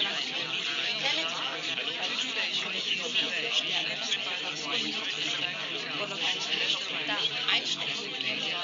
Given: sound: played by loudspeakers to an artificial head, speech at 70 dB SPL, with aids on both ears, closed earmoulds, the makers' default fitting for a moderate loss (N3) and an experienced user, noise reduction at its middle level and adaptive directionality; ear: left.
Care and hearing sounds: speech test signal (ISTS) in cocktail-party noise; -6 dB; in front (0 degrees)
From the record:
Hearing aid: class 1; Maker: G

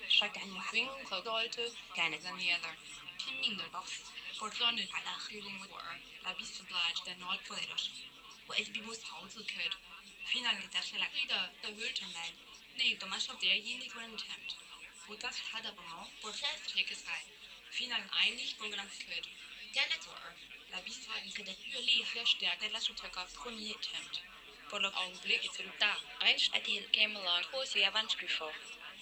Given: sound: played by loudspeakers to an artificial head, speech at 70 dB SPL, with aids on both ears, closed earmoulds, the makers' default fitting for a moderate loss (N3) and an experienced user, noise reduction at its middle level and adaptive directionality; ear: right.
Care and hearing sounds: speech test signal (ISTS) in cocktail-party noise; +3 dB; on the right (90 degrees)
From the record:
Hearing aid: class 1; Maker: I

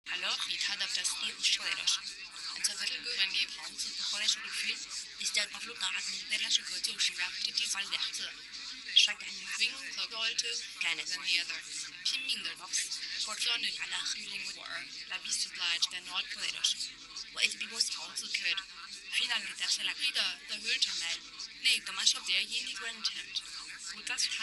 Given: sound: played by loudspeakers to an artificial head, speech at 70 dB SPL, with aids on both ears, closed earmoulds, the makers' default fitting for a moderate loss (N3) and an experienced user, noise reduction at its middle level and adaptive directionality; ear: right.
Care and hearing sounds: speech test signal (ISTS) in cocktail-party noise; 0 dB; on the right (90 degrees)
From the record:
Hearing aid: class 2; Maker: H

